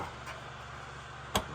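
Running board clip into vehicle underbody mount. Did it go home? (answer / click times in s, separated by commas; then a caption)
yes / 1.4 s. A running board trim latch (mounting clip) on an RPM running board for an R1T or R1S is pushed up into the vehicle's underbody mount. Over a low steady hum, it clicks into place with one short, sharp tick at 1.4 s. The latch is seated.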